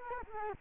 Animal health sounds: mosquito wingbeat signal from an infrared sensor; Culex quinquefasciatus

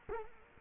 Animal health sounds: mosquito wingbeat signal from an infrared sensor; Culex quinquefasciatus

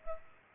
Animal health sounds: mosquito wingbeat signal from an infrared sensor; Culex pipiens

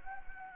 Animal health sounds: mosquito wingbeat signal from an infrared sensor; Anopheles gambiae

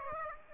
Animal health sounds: mosquito wingbeat signal from an infrared sensor; Aedes aegypti

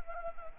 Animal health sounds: mosquito wingbeat signal from an infrared sensor; Anopheles arabiensis

